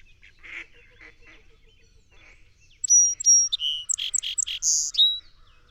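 Song sparrow: soft, scattered bird chatter for the first seconds, then a loud song sparrow song of three whistles, a buzz, rough chips and a high buzzy finish.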